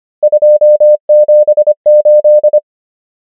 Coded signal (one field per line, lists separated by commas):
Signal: Morse code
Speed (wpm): 25 wpm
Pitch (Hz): 600 Hz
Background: none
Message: 2 7 8